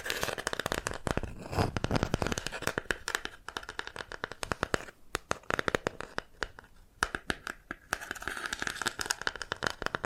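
Bamboo is tapped, scratched and brushed in dense bursts of sharp clicks and rustling strokes, thinning to sparser taps midway before building again.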